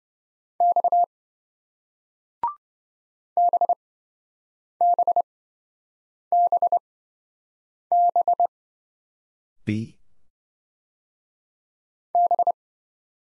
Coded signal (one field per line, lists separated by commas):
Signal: Morse code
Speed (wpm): 26 wpm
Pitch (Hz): 700 Hz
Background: none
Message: X BBBB B